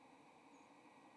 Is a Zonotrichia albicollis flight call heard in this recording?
yes